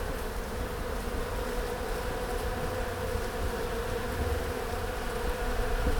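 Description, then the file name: Bees swarming: a dense, steady droning hum of countless wingbeats, continuous and unbroken, with a low rumbling undertone throughout. "Eixam D Abelles"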